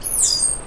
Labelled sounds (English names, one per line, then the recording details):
Stitchbird song
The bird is a male
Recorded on Tiritiri Matangi Island, New Zealand, in 2005
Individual 12, of nest box 16